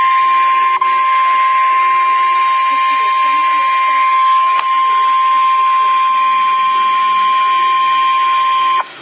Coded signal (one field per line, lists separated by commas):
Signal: Emergency Alert System (SAME) tones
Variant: 1050 Hz attention tone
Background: speech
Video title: NOAA - Severe T-Storm Warning (EAS #1,382)